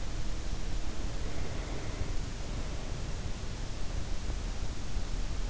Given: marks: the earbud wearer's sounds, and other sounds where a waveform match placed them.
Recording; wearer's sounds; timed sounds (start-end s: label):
sounds in sleep by an in-ear microphone; breath
1.31-3.25 s: breath